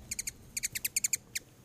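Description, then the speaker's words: Ruby-throated Hummingbird distress calls: thin, very high squeaky chips in quick irregular bursts, about a dozen notes in under two seconds. Unhappy bird caught in a trap, held in a soft white mesh bag during banding, wings buzzing; near Fort Custer National Cemetery, Kalamazoo County. "That's the sound of a really unhappy ruby-throated hummingbird."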